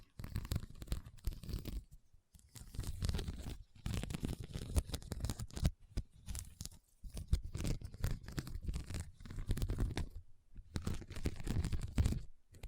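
Dense bursts of rhinestone scratching and crackly tapping come in uneven clusters, broken by brief silent gaps about every two seconds.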